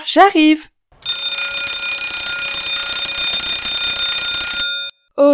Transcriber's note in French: DRIING ! La cloche sonne !